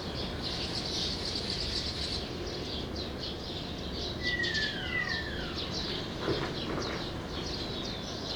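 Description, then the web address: True sparrows chirping in a steady chorus of short notes. Another bird adds two long downward-sliding whistles near the middle. "True sparrows. صدای-پرنده-راستین"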